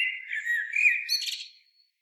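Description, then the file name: Common blackbird song: a flowing, fluted warble that breaks into a brief high squeaky flourish before fading out. "Turdus merula"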